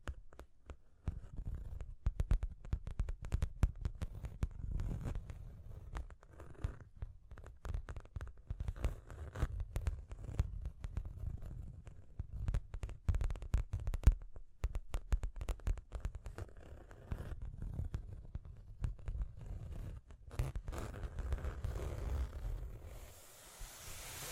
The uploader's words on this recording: Tapping and Scratching (No Talking).